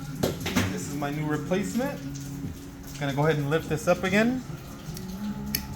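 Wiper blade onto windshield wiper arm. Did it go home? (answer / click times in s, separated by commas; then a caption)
yes / 5.5 s. A new windshield wiper blade's plastic adapter is pushed onto the metal hook of the wiper arm while someone talks. A few handling knocks come first, then a sharp click at 5.5 s as the blade locks onto the arm, showing it is installed correctly.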